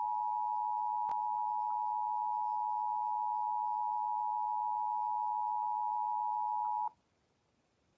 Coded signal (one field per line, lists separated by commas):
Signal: Emergency Alert System (SAME) tones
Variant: 853 and 960 Hz attention tone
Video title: EAS Severe T’storm Warning #20 3/14/25 (Credit Goes To @SouthernPennsylvania & @KanawhaCountyWX)